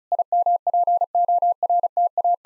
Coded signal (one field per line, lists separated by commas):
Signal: Morse code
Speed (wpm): 36 wpm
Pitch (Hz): 700 Hz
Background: none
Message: IMPORTA